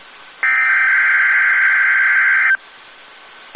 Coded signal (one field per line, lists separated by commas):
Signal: Emergency Alert System (SAME) tones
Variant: header bursts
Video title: EAS - WWG75's Required Weekly Test in Maui, HI.